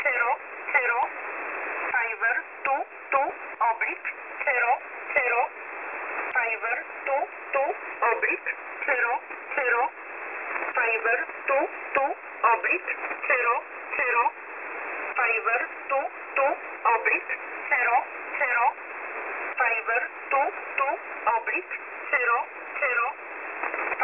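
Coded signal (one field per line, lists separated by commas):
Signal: numbers station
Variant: E11 Oblique, English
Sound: a voice reading short, evenly spaced words, likely numbers, over steady narrowband radio hiss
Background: radio static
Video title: E11 Oblique 07/07/2024 2000 UTC 5409kHz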